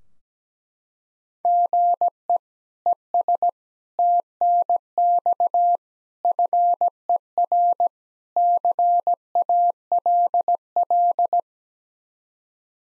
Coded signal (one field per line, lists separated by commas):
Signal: Morse code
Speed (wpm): 17 wpm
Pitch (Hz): 700 Hz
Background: none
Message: GE ES TNX FER CALL